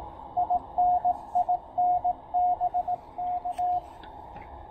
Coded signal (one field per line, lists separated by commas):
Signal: Morse code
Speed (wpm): 20 wpm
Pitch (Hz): 720 Hz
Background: radio noise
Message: IN IN BK